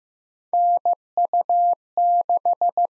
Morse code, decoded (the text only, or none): NU6